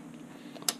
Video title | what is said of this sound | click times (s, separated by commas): Cnc machine tool calibration using a laser interferometer and renishaw ballbar with acorn control | the ball bar has a cup end and a bowling and they all lock into place with magnets so | 0.7 s